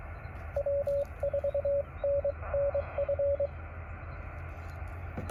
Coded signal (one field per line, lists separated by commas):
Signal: Morse code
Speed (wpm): 20 wpm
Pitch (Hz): 550 Hz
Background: radio noise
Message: W4NNF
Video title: Morse Code POTA with Yaesu 817 10/22/2024